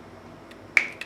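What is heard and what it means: A new plastic cap, lined up with the o-ring, is turned clockwise onto the 4-way valve body of an Invacare oxygen concentrator. After a faint tick at 0.5 s, it gives a sharp, bright click at 0.8 s and a smaller tick at 1.0 s. The cap is seated in place with a tight fit.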